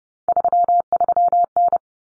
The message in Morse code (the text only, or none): 33N